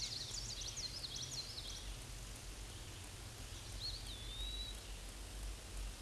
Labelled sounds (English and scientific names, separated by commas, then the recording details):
Eastern Wood-Pewee (Contopus virens) song
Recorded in a Pennsylvania forest on 18 May 2023 at 06:33
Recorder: AudioMoth, point grid1_13_low
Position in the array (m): 117 m, 166 m